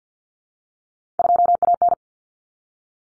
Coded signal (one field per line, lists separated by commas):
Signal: Morse code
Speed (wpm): 50 wpm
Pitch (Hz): 700 Hz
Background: none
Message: 2AN